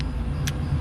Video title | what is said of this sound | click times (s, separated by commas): Tehnik Bekerja Aman Pada Ketinggian -Double Hook Lanyard & work Positioning | Nah, kedengaran tadi klik, baru bisa turun lagi alat ini. | 0.5 s